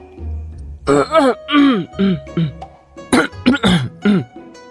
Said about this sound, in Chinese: 展昭莫名一紧张，望天咳嗽。